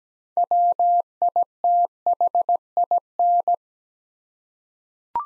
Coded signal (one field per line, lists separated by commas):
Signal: Morse code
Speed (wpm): 17 wpm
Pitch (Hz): 700 Hz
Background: none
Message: WITHIN